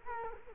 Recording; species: mosquito wingbeat signal from an infrared sensor; Culex quinquefasciatus